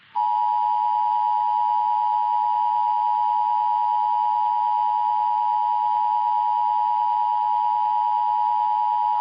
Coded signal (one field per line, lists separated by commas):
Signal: Emergency Alert System (SAME) tones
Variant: 853 and 960 Hz attention tone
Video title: "Mishap in Minneapolis" - EAS Scenario